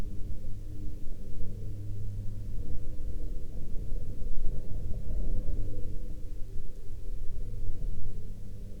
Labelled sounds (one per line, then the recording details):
aircraft
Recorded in the Arctic National Wildlife Refuge, Alaska, on 19 May 2021 at 11:49
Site 35